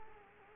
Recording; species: mosquito wingbeat signal from an infrared sensor; Culex quinquefasciatus